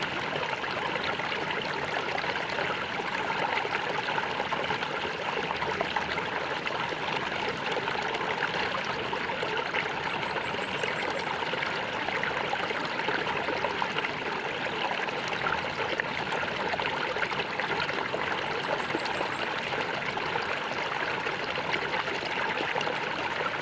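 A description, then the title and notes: Running water flows steadily for the whole stretch, a dense, even rush with a bright, trickling edge over a softer middle. Nothing stands out or changes; the level stays constant, like a small stream or trickle. White Noise - Sound of running water.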